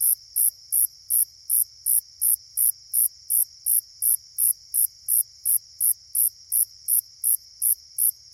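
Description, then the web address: Slightly musical conehead song: loud, sharp buzzy pulses repeated evenly, about two and a half per second. "The Songs of Insects. Slightly Musical Conehead"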